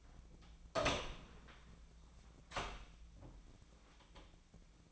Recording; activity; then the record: daily activity, microphone in the room; open door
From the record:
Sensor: 1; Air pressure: 1009.2 hPa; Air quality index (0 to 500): 190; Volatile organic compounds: 4 ppm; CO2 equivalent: 1599 ppm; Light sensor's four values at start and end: 34/91/37/43 and 34/92/37/44